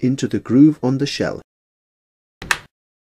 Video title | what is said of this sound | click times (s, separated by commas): IS_Multi_GB_1024.wmv | you will hear a clicking sound | 2.4 s, 2.5 s